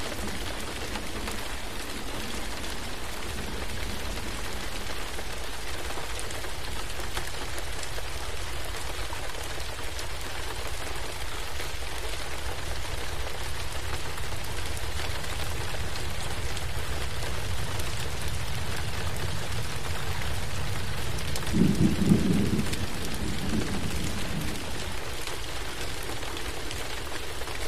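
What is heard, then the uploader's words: Steady rain patters on a window, a dense even hiss throughout, with a low rumble swelling briefly around twenty-two seconds before fading. Rain Sounds On Window With Thunder.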